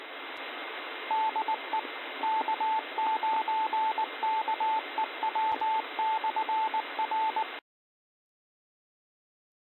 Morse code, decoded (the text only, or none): DE K9KEW/R